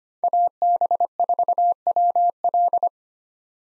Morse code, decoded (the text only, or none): AB4WL